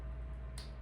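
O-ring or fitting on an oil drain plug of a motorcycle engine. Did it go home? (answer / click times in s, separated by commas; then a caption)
yes / 0.6 s. During a dirt bike oil change on a KTM 450 SX-F, a part is fitted onto the new main drain plug, which has a rubber O-ring. A short, sharp tick sounds at 0.6 s over a steady low hum as the part clicks into place and seats.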